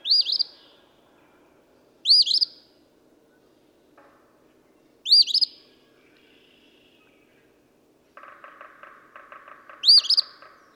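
Eastern phoebe singing four raspy two-part phrases at irregular intervals; a rapid chattering from another bird joins near the end.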